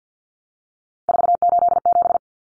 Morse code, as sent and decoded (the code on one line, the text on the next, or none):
....- ---.. --...
487